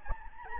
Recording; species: mosquito wingbeat signal from an infrared sensor; Anopheles gambiae